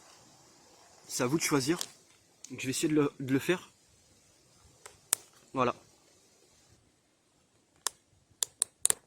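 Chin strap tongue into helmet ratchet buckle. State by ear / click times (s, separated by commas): seated / 7.9 s, 8.4 s, 8.6 s, 8.8 s, 8.9 s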